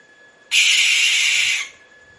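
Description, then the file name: Barn owl uttering one drawn-out rasping shriek of a little over one second, noisy and hoarse, then quiet. "canto da coruja de celeiro"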